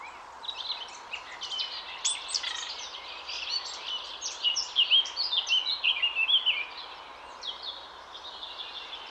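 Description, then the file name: Great tit giving a dense run of high, sharp chattering notes, loudest around the middle, then thinning out, with faint steady background noise. "Parus major"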